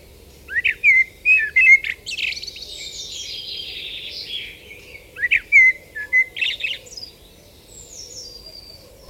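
Common blackbird singing mellow whistled notes followed by squeaky, high twittering flourishes, two phrases about four seconds apart, faint birds and low hum underneath.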